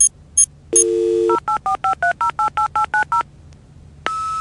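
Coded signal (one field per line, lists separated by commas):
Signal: DTMF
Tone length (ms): 110 ms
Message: 08453088890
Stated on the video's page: From the British animated satire series Monkey Dust, depicting a dial-up modem.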